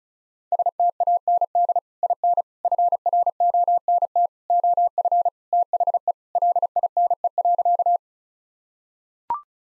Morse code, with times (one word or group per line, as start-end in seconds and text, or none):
0.5-1.8 STAND
2.0-2.4 IN
2.6-4.3 FRONT
4.5-5.3 OF
5.5-6.1 THE
6.4-8.0 LINE.